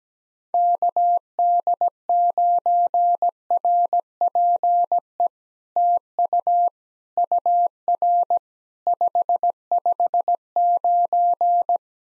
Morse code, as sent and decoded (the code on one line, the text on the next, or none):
-.- -.. ----. .-. .--. . / - ..- / ..- .-. / ..... ..... ----.
KD9RPE TU UR 559